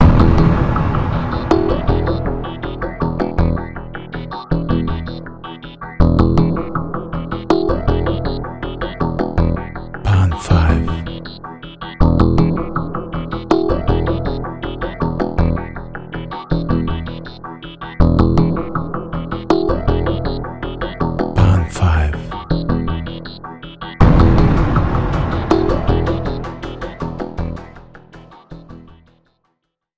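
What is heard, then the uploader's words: Synthesised pulses repeat in a steady, looping rhythm, heavy and low with a dull grainy top. Brief bright noise bursts flare at about 10 and 21 seconds, a denser swell enters near 24 seconds, and everything fades to silence at the end. Dark, sparse soundscape of synthesised pulses and subtle abstract noises.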